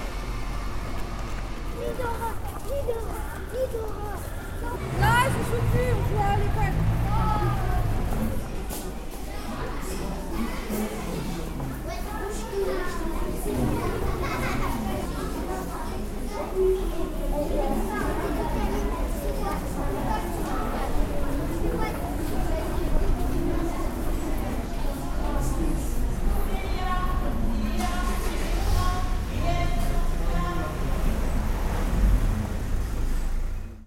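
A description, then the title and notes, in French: Children pour out of class into a Paris street, their voices overlapping in a steady, dense chatter with shouts and higher calls rising above it. A low rumble of traffic runs underneath throughout, and the crowd grows busier after about five seconds. Carte postale sonore, en sortie de classe dans les rues de Paris.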